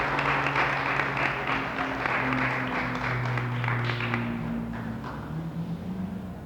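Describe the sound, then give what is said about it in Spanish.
A crowd applauds steadily to welcome Dr. Jesús N. Noyola of the Universidad Autónoma de San Luis Potosí at the 44th anniversary of Radio Universidad XEXQ in 1982, a dense wash of many hands clapping that holds for several seconds, with a faint low tonal hum underneath, tapering slightly near the end. “Lo recibimos con el cariño y el aplauso al doctor Jesús N.”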